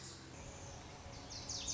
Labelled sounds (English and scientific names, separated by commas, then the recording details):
Wilson's Warbler (Cardellina pusilla)
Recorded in Sonoma County, California